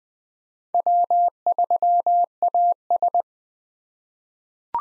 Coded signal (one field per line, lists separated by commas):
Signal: Morse code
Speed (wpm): 20 wpm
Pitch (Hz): 700 Hz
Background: none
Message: W3AS